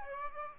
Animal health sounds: mosquito wingbeat signal from an infrared sensor; Aedes aegypti

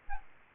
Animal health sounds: mosquito wingbeat signal from an infrared sensor; Aedes albopictus

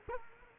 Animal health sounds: mosquito wingbeat signal from an infrared sensor; Culex quinquefasciatus

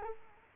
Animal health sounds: mosquito wingbeat signal from an infrared sensor; Culex quinquefasciatus

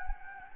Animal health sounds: mosquito wingbeat signal from an infrared sensor; Anopheles gambiae

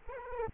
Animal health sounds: mosquito wingbeat signal from an infrared sensor; Aedes aegypti

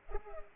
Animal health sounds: mosquito wingbeat signal from an infrared sensor; Culex pipiens

